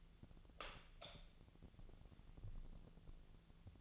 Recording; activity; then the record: daily activity, microphone in the room; light on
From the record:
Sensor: 4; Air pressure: 1000.9 hPa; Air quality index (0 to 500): 124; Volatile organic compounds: 1 ppm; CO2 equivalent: 930 ppm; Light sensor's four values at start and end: 27/64/27/28 and 29/75/30/32